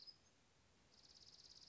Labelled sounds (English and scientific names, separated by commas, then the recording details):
Dark-eyed Junco (Junco hyemalis)
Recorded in Sonoma County, California